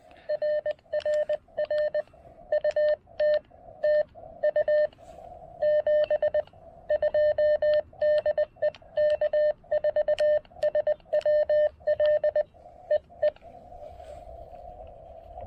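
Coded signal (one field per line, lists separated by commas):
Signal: Morse code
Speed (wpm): 20 wpm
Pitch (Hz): 600 Hz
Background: none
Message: RRR UT TU 7 2 DE K4SWL EE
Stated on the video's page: QRP Parks on the Air activation working DX with a Chelegance MC-750 and Xiegu G106, including 17 meters.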